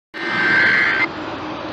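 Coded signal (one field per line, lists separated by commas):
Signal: Emergency Alert System (SAME) tones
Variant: header bursts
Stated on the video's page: Required monthly test from Ventura County.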